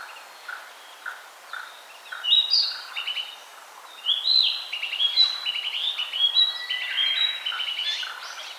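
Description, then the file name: Narcissus flycatcher song: high, clear whistled phrases with quick stepped notes repeated several times, after a few softer lower notes at the start. "Ficedula narcissina"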